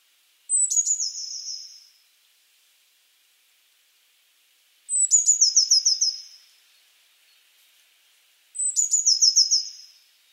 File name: Cyanistes caeruleus